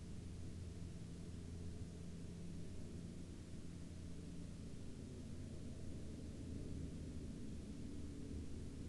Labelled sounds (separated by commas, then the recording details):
man-made sound
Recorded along the Dalton Highway, Alaska, on 20 April 2019 at 20:24
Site 10